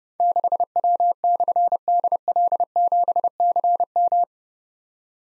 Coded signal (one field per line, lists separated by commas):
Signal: Morse code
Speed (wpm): 28 wpm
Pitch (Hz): 700 Hz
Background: none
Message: 6W/DL7CM